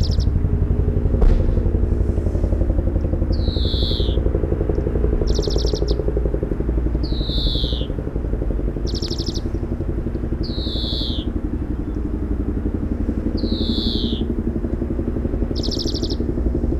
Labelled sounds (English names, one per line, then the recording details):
European Greenfinch song
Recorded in the wild
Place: Oberstdorf, Bayern, DE
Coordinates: 47.415, 10.2603
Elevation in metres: 889
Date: 1980-04-05
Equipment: Uher 4000 Report
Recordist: Tretzel, Erwin